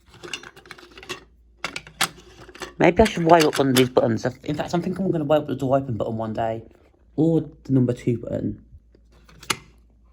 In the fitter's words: As you can see, it clicks into place.